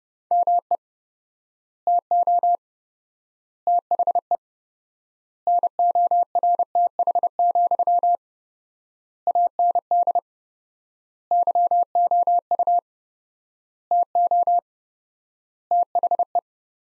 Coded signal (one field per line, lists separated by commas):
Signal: Morse code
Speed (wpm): 32 wpm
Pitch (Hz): 700 Hz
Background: none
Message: ME TO THE NORTH, AND YOU TO THE